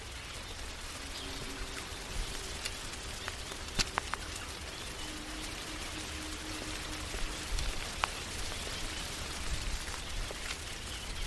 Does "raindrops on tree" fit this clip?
yes